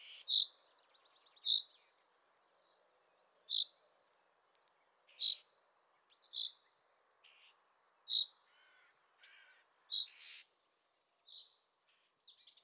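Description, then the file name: Common chaffinch giving sharp, high single notes repeated every one to two seconds, with a few softer, scratchier bird notes in between. "Fringilla coelebs"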